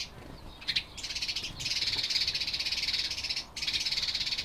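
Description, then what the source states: House sparrow chatter: a short rattle, then a long, dense, buzzy rattling run of fast, even pulses, a gap, and another rattle starting. House sparrows chattering, recorded 7 April 2007.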